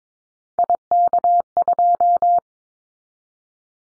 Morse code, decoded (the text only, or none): IK2